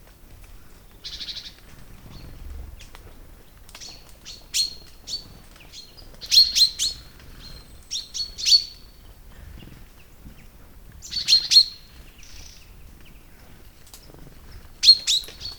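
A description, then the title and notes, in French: Migrating birds gather in a beech tree on an autumn morning, giving short, bright chirps and tweets in scattered bursts. Clusters of high calls come around four seconds, six to nine, eleven to twelve and near fifteen, over a quiet low hum. CRIS D'AUTOMNE. Station de Val Drôme - Nagra LB - Omni - B&k. Belle matinée d'automne ensoleillée avec beaucoup de migrateurs arrivés du nord. Dans un hêtre ils se rassemblent pour ce nourrir des fruits abondants cette année.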